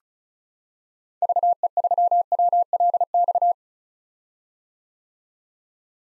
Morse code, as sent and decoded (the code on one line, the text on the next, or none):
...- . ...-- .-- .-.. -..-
VE3WLX